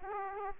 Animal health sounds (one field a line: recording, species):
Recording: mosquito wingbeat signal from an infrared sensor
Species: Aedes aegypti